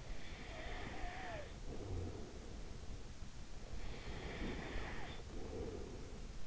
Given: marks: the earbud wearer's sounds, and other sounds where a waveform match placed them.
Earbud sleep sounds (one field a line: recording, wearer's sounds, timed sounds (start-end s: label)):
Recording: sounds in sleep by an in-ear microphone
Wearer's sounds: breath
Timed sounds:
0.13-2.99 s: breath
3.68-6.47 s: breath